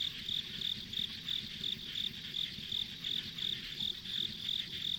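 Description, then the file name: Insect song of shrill, high chirps pulsing steadily about three times a second above a continuous insect drone. Ambient insect sounds on a country road. "田舎道の虫の環境音"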